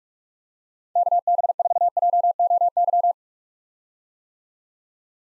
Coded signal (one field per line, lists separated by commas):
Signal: Morse code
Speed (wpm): 42 wpm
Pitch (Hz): 700 Hz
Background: none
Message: KB4JOY